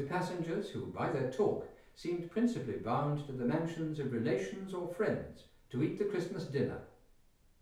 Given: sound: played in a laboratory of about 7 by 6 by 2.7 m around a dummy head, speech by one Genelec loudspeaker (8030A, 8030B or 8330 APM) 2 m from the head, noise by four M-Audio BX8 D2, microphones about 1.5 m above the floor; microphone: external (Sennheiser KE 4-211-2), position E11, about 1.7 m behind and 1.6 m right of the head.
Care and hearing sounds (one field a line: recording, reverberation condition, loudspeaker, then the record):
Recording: male speech in English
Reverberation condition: medium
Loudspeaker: 60 degrees to the left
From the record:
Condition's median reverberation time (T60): about 510 ms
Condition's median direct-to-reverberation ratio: about -0.5 dB